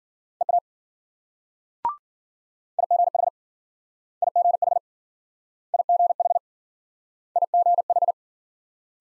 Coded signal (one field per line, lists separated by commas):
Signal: Morse code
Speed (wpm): 53 wpm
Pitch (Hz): 700 Hz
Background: none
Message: EA IGH IGH IGH IGH